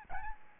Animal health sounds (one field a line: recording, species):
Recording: mosquito wingbeat signal from an infrared sensor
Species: Aedes albopictus